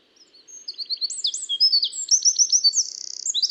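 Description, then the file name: Eurasian wren singing a fast, high, tumbling series of piercing notes with quick repeated chips and a buzzy trill near the end, cut off abruptly. "Troglodytes troglodytes"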